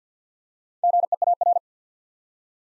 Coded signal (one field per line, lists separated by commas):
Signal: Morse code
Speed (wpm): 50 wpm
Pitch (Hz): 700 Hz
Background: none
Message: GEAR